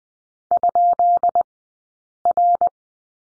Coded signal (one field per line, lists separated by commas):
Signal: Morse code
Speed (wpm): 20 wpm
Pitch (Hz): 700 Hz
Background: none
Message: ?R